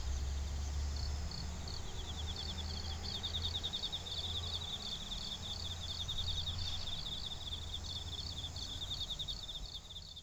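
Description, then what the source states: Animal calls: fast, high chirping pulses in repeating rows, steady throughout, over a low droning rumble. Recorded 19 September 2019 at Nakayama.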